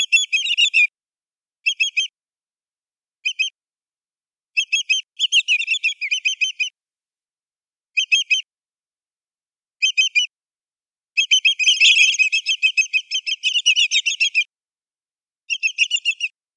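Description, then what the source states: Greater yellowlegs giving loud, clear whistled calls in short runs of several notes, repeated at intervals, with a longer excited burst later on; quiet background. Recorded on 4 May 2012.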